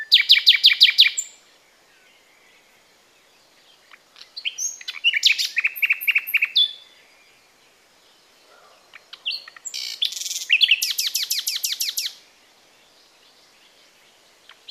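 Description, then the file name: Common nightingale song in three bursts: fast rattling repeated notes, a varied phrase of chirps and buzzy trills, then a long rapid stuttering series, separated by pauses of a few seconds. "Luscinia megarhynchos"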